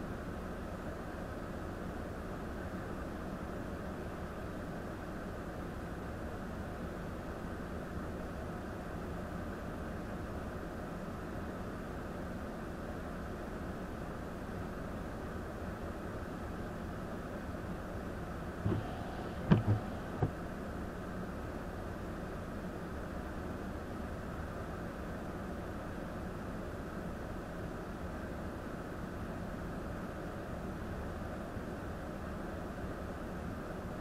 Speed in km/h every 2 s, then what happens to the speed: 0, 0, 0, 0, 0, 0, 0, 0, 0, 0, 0, 0, 0, 0, 0, 0, 0.
0-34 standing.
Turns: none.